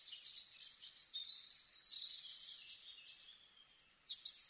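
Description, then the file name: European robin delivering a fluid, thin warble that slides downward and fades, then a fresh high sharp note starts at the end. "Erithacus rubecula"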